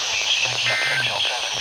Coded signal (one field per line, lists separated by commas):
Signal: Emergency Alert System (SAME) tones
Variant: end-of-message bursts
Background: speech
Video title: THE MCV SHUFFLE... EAS Alerts from 5/20/22 (EAS #921-951)